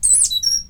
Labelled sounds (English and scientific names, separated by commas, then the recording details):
Stitchbird (Notiomystis cincta) song
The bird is a male
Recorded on Tiritiri Matangi Island, New Zealand, in 2005
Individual 8, of nest box 10